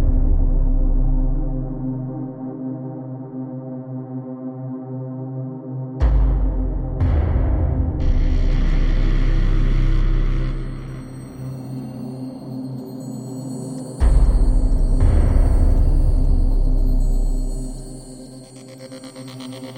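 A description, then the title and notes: A big spaceship passes by with a deep, steady hum layered with stacked tones. Around six seconds and again near fourteen seconds it surges louder with a rushing, crackling roar and a high whine, each swell easing back down, the second fading away near the end. A big spaceship passing.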